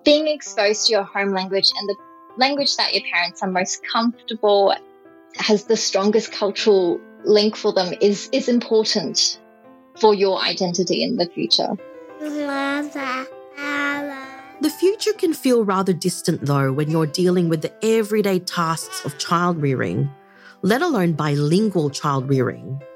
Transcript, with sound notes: Being exposed to your home language and the language that your parents are most comfortable, has the strongest cultural link for them is important for your identity in the future.
[Baby babbling] The future can feel rather distant though when you’re dealing with the everyday tasks of child rearing, let alone bilingual child rearing.